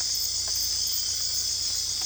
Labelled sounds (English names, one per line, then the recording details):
none
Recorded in dense forest near Puerto Asís, Putumayo, Colombia, on 22 December 2024 at 20:30
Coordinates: 0.485, -76.318
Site GP03